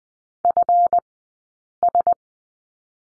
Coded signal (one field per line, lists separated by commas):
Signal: Morse code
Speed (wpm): 20 wpm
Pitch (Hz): 700 Hz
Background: none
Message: FS